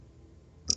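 A finger presses down the small lock tab on a folding utility knife to release the locked blade so it can fold back. After a quiet stretch of low background noise, a sharp click at 0.7 s marks the lock disengaging and the blade being released.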